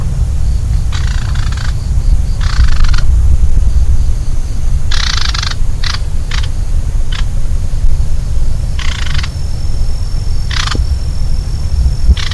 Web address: Manchurian Bush Warbler Call 120114 China Guangdong Xitou. bouscarle de manchourie cettia canturians